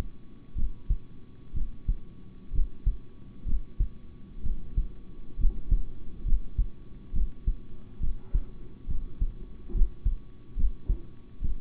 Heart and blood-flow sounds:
heart sounds by stethoscope; between the tricuspid and mitral areas; 66 bpm
0.55 s: heartbeat
1.53 s: heartbeat
2.52 s: heartbeat
3.45 s: heartbeat
4.42 s: heartbeat
5.37 s: heartbeat
6.24 s: heartbeat
7.12 s: heartbeat
7.99 s: heartbeat
8.87 s: heartbeat
9.73 s: heartbeat
10.56 s: heartbeat
11.41 s: heartbeat
From the record:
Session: rest, sitting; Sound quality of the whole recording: good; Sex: male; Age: 26 years

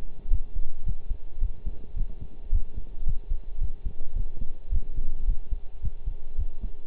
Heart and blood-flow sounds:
heart sounds by stethoscope; between the tricuspid and mitral areas; 109 bpm
0.31 s: heartbeat
0.86 s: heartbeat
1.41 s: heartbeat
1.96 s: heartbeat
2.52 s: heartbeat
3.06 s: heartbeat
3.61 s: heartbeat
4.16 s: heartbeat
4.71 s: heartbeat
5.27 s: heartbeat
5.83 s: heartbeat
6.38 s: heartbeat
From the record:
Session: pedaling a stationary bicycle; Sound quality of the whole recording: partially saturated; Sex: male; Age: 23 years

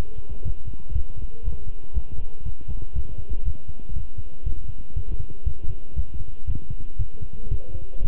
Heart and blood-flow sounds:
heart sounds by stethoscope; between the tricuspid and mitral areas; 118 bpm
0.44 s: heartbeat
0.94 s: heartbeat
1.44 s: heartbeat
1.95 s: heartbeat
2.45 s: heartbeat
2.95 s: heartbeat
3.45 s: heartbeat
3.95 s: heartbeat
4.45 s: heartbeat
4.96 s: heartbeat
5.45 s: heartbeat
5.96 s: heartbeat
6.47 s: heartbeat
6.99 s: heartbeat
7.50 s: heartbeat
8.04 s: heartbeat
From the record:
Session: walking at 3.7 km/h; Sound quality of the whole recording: good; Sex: male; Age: 25 years

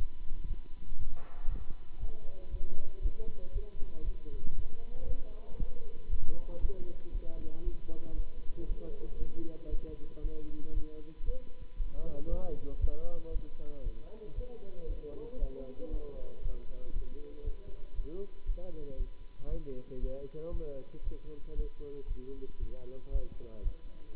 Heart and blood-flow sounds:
heart sounds by stethoscope; between the tricuspid and mitral areas; 117 bpm
0.46 s: heartbeat
0.97 s: heartbeat
1.48 s: heartbeat
1.99 s: heartbeat
2.49 s: heartbeat
3.00 s: heartbeat
3.51 s: heartbeat
4.03 s: heartbeat
4.54 s: heartbeat
5.05 s: heartbeat
5.57 s: heartbeat
6.08 s: heartbeat
6.59 s: heartbeat
7.11 s: heartbeat
7.62 s: heartbeat
8.14 s: heartbeat
8.65 s: heartbeat
9.17 s: heartbeat
9.68 s: heartbeat
10.20 s: heartbeat
10.72 s: heartbeat
11.24 s: heartbeat
11.75 s: heartbeat
12.27 s: heartbeat
12.79 s: heartbeat
13.30 s: heartbeat
13.82 s: heartbeat
14.34 s: heartbeat
14.85 s: heartbeat
15.37 s: heartbeat
15.89 s: heartbeat
16.41 s: heartbeat
16.92 s: heartbeat
17.42 s: heartbeat
17.94 s: heartbeat
18.44 s: heartbeat
18.95 s: heartbeat
19.47 s: heartbeat
19.98 s: heartbeat
20.50 s: heartbeat
21.02 s: heartbeat
21.54 s: heartbeat
22.06 s: heartbeat
22.58 s: heartbeat
23.10 s: heartbeat
23.61 s: heartbeat
24.12 s: heartbeat
From the record:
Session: Bruce protocol treadmill stress test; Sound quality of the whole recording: good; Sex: male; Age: 26 years

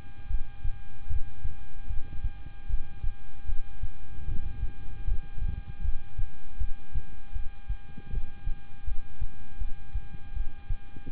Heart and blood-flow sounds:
heart sounds by stethoscope; between the tricuspid and mitral areas; 78 bpm
0.27 s: heartbeat
1.07 s: heartbeat
1.87 s: heartbeat
2.67 s: heartbeat
3.46 s: heartbeat
4.25 s: heartbeat
5.05 s: heartbeat
5.81 s: heartbeat
6.58 s: heartbeat
7.33 s: heartbeat
8.10 s: heartbeat
8.85 s: heartbeat
9.58 s: heartbeat
10.33 s: heartbeat
11.10 s: heartbeat
From the record:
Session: rest, lying down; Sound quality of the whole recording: good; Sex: male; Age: 26 years

